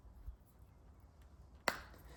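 While the throttle on a 79Bike Falcon Pro electric motorbike is being replaced, a second wiring connector is pushed into its mating plug and seats with a single sharp click at 1.7 s. Before that there is only a quiet low rumble and faint handling noise, and the connector is home.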